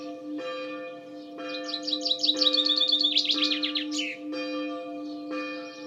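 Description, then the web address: Bird song, a fast trill of high chirps building and then dropping into a descending flourish, set against steady humming tones that switch on and off. "Bird Only"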